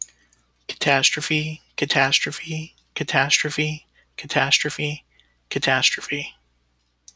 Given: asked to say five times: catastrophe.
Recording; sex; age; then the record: repeated word; male; 40 to 49 years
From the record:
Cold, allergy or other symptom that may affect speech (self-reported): no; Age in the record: 42 years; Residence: California, United States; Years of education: 16